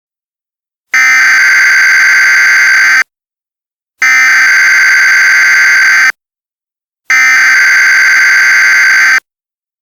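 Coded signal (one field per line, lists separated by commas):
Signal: Emergency Alert System (SAME) tones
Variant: header bursts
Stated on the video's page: Mock No Travel Advisory, not a real EAS alert, made during harsh winter weather in rural central Minnesota.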